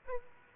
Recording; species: mosquito wingbeat signal from an infrared sensor; Aedes aegypti